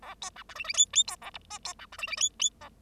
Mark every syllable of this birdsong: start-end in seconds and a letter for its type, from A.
0.02-0.14 A, 0.21-0.30 B, 0.36-0.43 C, 0.49-0.54 D, 0.55-0.64 E, 0.64-0.73 E, 0.73-0.85 F, 0.93-1.03 F, 1.07-1.16 B, 1.22-1.30 A, 1.34-1.38 G, 1.50-1.58 H, 1.64-1.73 B, 1.79-1.86 C, 1.92-1.97 D, 1.98-2.07 E, 2.07-2.17 E, 2.17-2.29 F, 2.39-2.50 F, 2.60-2.69 A